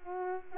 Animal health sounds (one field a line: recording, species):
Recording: mosquito wingbeat signal from an infrared sensor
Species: Culex pipiens